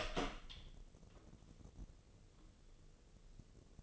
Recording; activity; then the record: daily activity, microphone in the room; open door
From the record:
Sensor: 4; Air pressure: 1013.2 hPa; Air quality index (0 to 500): 178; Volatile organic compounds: 2 ppm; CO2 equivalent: 1124 ppm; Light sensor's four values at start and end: 78/191/81/82 and 105/262/109/117